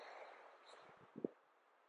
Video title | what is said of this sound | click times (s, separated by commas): Hobie Compass Rigged for Fishing / Boondox Landing Gear | flag and light same thing just clicks in place | 1.2 s